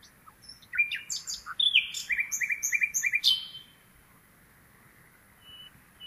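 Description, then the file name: Common nightingale song: a varied jumble of sharp notes, then a quick run of repeated chirping notes, followed by silence and a faint note. "Luscinia megarhynchos"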